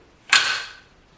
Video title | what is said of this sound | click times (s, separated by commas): Review Weihrauch HW50S/99S Air Rifle .177, is this the perfect all around airgun??? | to close just listen this solid click. | 0.3 s